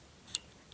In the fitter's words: this would be to get the SD card out so you could hear it click in there so it's working as it should so